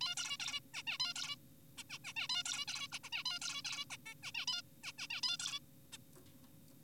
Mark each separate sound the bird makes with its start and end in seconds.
0.01-0.15, 0.17-0.37, 0.40-0.60, 0.74-0.83, 0.87-0.98, 1.00-1.14, 1.16-1.36, 1.78-1.83, 1.90-1.99, 2.05-2.13, 2.17-2.27, 2.29-2.43, 2.45-2.65, 2.68-2.87, 2.92-2.99, 3.04-3.10, 3.13-3.23, 3.25-3.39, 3.42-3.62, 3.65-3.85, 3.90-3.97, 4.06-4.14, 4.23-4.32, 4.35-4.46, 4.48-4.62, 4.84-4.92, 4.99-5.07, 5.10-5.21, 5.23-5.37, 5.40-5.59, 5.93-5.97